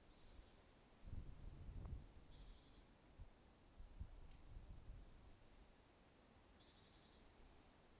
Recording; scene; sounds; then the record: everyday scene through a hearing-aid microphone; wind on the microphone; wind, traffic, birds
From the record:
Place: suburban garden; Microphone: in the ear canal, right